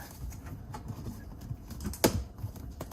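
A plastic mount piece for the cargo cover and seat belt loop is slid back a little and pushed into its mount in a car's rear cargo area. Light handling taps and rustles lead to a sharp pop at 2.0 s as the piece seats into place, followed by a few faint knocks.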